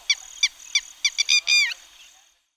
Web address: Schulze Peter Red-wattled Lapwing calls